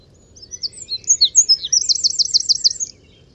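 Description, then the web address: Bird song, a rapid mix of high thin chirps and whistles, ending in a fast run of repeated buzzy notes, over a faint low hum. "Deverinetal 2025 File origin Bird Only"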